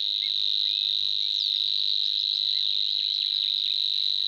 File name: Snor